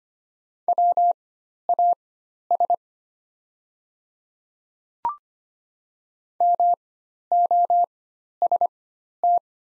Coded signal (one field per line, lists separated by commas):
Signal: Morse code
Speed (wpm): 25 wpm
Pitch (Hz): 700 Hz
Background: none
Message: WAS MOST